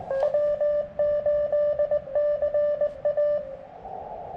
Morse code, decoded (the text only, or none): W8CA